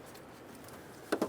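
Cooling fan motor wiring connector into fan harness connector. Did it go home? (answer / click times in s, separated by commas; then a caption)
no / none. The electrical connector for the radiator cooling fan motor on a 2003-2008 Honda Pilot is handled as it is brought toward its plastic mating connector on the fan harness. Quiet low handling noise is followed by two short, sharp taps at 1.1 and 1.2 seconds. The connector has not seated or clicked in yet.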